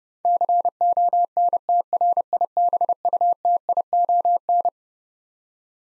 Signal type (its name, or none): Morse code